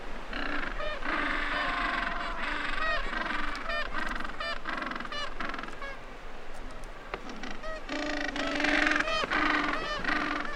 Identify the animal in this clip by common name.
Gentoo Penguin